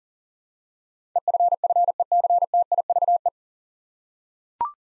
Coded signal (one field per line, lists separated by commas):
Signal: Morse code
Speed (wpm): 38 wpm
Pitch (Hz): 700 Hz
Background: none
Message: EFFECTIVE